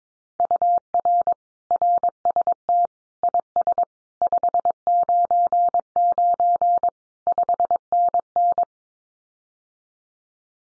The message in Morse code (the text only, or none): UR RST IS 599 5NN